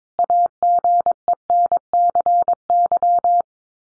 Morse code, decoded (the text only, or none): AGENCY